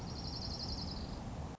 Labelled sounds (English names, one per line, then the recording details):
Orange-crowned Warbler
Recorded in Sonoma County, California